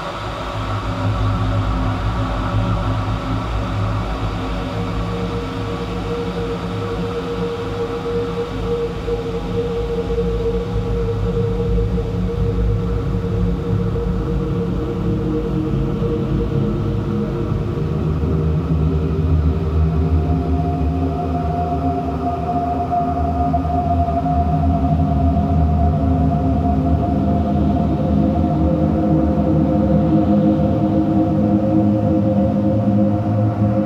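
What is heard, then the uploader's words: Room tone of a large, empty warehouse: a steady, dense low hum layered with sustained droning tones. Around eighteen seconds the pitches shift, and a clearer, higher whine rises and holds through the rest. The level stays even, swelling slightly toward the end. EmptyWarehouse. Large Spaced Cavernous Emptiness.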